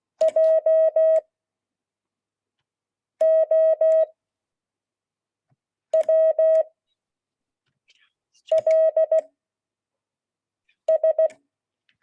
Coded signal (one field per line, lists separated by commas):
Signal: Morse code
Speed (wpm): 16 wpm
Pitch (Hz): 640 Hz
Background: none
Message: J O W L S